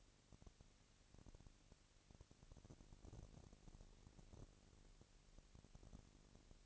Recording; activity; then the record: daily activity, microphone in the room; no activity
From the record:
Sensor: 4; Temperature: 22.4 degrees Celsius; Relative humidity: 31.9%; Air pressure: 997.9 hPa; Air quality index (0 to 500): 203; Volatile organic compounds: 17 ppm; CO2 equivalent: 2570 ppm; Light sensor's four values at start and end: 2/3/1/1 and 2/3/1/1